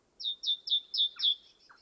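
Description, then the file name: Great tit phrase of five quick, high, sharply falling notes in rapid succession, with a couple of brief lower chirps. "Parus major"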